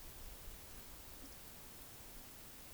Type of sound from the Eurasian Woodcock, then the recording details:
whistle. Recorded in Baden-Württemberg, Germany, on 31 May 2021 at 20:07 UTC. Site 24606, 635 m above sea level